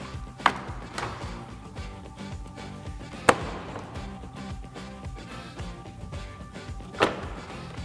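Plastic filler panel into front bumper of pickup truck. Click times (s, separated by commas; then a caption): 0.5 s, 3.3 s. Plastic filler panels are pressed into the front bumper valance area of a 2018-2020 Ford F-150 pickup truck during installation of an Air Design Street Series satin black front lower valance. Sharp snaps at 0.5 s and 3.3 s mark the panels seating into place, with a softer knock near 1.0 s and another at 7.0 s over a steady background of music.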